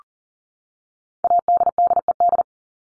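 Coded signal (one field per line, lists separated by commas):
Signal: Morse code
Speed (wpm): 40 wpm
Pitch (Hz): 700 Hz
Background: none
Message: ADDED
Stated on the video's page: Head-copy drill of the top 100 words ending in ED and their root words at 40 wpm; each word sent, spoken, then sent again.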